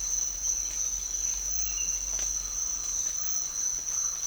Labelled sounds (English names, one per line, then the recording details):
none
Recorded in dense forest near Puerto Asís, Putumayo, Colombia, on 24 March 2025 at 06:30
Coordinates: 0.499, -76.324
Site GP03